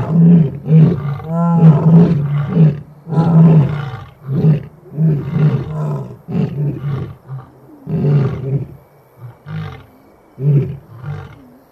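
Lion giving a series of deep, throaty roar-grunts, loud at first and then fading into shorter, spaced grunts toward the end.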